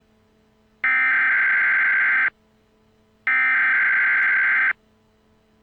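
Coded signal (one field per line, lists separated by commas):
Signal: Emergency Alert System (SAME) tones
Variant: header bursts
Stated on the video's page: Fictional EAS scenario, not a real alert.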